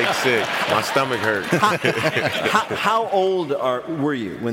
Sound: laughter

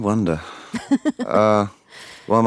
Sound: laughter

